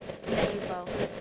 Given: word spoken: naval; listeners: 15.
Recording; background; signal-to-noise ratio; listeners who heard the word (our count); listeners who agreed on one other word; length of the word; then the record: one English word in noise, from a listening test; noise modulated by three-talker babble; -4.1 dB; 3 of 15; 7 of 15; 0.81 s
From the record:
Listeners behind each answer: 7, 3, 2, 1, 1, 1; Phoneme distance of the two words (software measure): 20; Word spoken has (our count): 2 syllables, 4 phonemes, stress on syllable 1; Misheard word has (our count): 2 syllables, 4 phonemes, stress on syllable 1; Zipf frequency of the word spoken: 3.91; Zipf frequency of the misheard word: 4.13